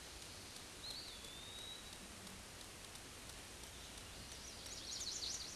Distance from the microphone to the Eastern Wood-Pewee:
about 50 m